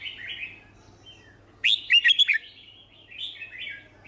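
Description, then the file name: Red-whiskered bulbul giving one bright, chattering phrase of about five quick notes, framed by softer warbles before and after. "Tieng chao mao hot che"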